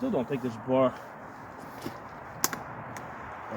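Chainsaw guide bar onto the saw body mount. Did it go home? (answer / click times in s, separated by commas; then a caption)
yes / 2.4 s. Someone talks while the guide bar of an Oregon CS 1500 15 amp electric chainsaw is pushed onto its mount on the saw body during assembly. A sharp click at 2.4 s, followed by fainter ticks, marks the bar snapping into place, seated.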